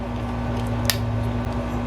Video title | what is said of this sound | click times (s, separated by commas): Plastic Carburetor Repair Briggs Stratton 400 450E 500 550E PUSH MOWER ! | See how I popped that in? You heard it snap in place. | 0.9 s